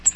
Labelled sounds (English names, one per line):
Cape May Warbler flight call